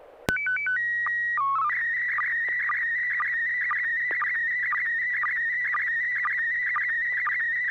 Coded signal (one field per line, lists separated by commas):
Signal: SSTV (slow-scan television)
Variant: PD 120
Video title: N6NA SSTV Net - 05/17/2023